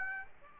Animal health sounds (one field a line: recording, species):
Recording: mosquito wingbeat signal from an infrared sensor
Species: Aedes aegypti